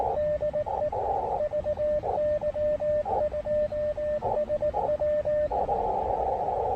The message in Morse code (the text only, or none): DE VY2SW